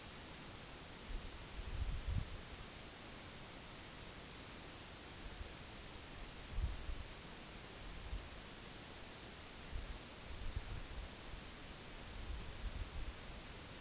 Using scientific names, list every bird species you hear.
none